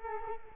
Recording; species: mosquito wingbeat signal from an infrared sensor; Culex quinquefasciatus